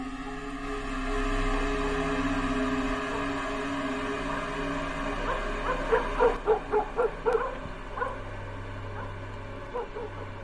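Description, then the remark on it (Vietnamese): A dog barks at night in a small village in a quick run of sharp yaps and yelps over a low steady hum, the barks clustering in a burst before trailing off into a few scattered yips. “Đêm phủ xuống cái ngôi làng nhỏ ấy cũng chẳng có gì ngoài tiếng ếch nhái kêu ở ngoài đồng, tiếng chó cắn ma răng rẳng ở đâu đây.”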